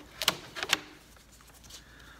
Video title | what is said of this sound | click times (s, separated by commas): Spring Prep - Windows and Screens - Getting Ready For summer - Short To Do List! | it in and it locks in place and we're good to go | 0.3 s, 0.7 s